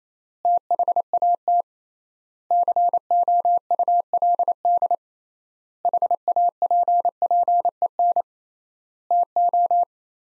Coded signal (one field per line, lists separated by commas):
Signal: Morse code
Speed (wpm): 28 wpm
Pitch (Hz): 700 Hz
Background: none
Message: THAT COULD HAPPEN TO